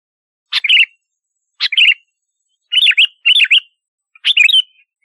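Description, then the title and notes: Sooty-headed bulbul song: five short bubbly phrases of quick liquid warbles at uneven intervals, some opening with a sharp note. "Kicau Burung Kutilang"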